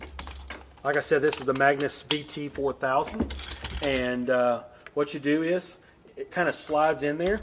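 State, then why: Not seated. A camera's quick-release plate is handled and slid into a Magnus BT 4000 tripod head while someone talks, with a few faint ticks and knocks near the start. Nothing has seated or clicked yet.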